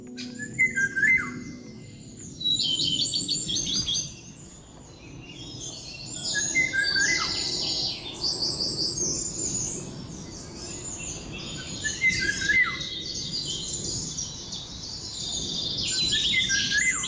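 A Eurasian golden oriole sings short, fluty whistled phrases that recur every few seconds amid a busy chorus of higher twittering birds, over a steady low background rumble. No one speaks.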